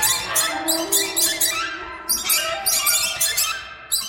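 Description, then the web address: Birds squawking and squeaking in quick succession, a short burst of busy, overlapping high scratchy notes. "soundfactory birds"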